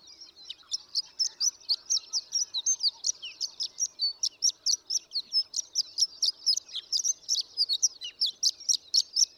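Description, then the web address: Horned lark song, an unbroken string of high, sweet tinkling notes delivered rapidly and evenly from start to finish. "birdsongforthecurious Horned Lark"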